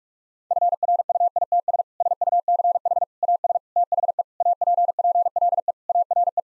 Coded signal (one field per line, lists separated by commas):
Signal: Morse code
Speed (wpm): 46 wpm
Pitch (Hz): 700 Hz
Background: none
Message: FRUITS SUCH AS THE APPLE ARE